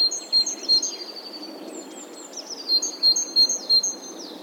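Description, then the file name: Great tit song: clear two-note whistled phrases repeated in quick series at the start and again near the end, with thin descending notes in between. "Parus major"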